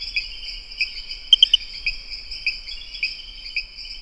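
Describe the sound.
Pristimantis espedeus: rain frog call: one quick burst of three sharp, high clicking notes near the middle, set against a steady, dense buzzing insect chorus throughout.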